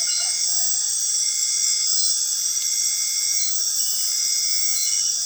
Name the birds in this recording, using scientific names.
none